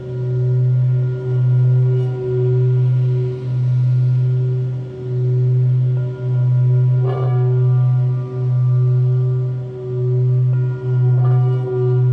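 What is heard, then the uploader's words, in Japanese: A singing bowl rings with a steady, low sustained hum and a clear higher overtone above it. The tone swells and dips in a slow, regular pulse about once a second. Brief metallic touches sound near seven and eleven seconds. シンギングボウル。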